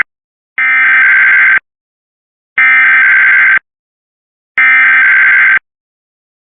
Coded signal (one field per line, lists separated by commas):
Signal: Emergency Alert System (SAME) tones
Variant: header bursts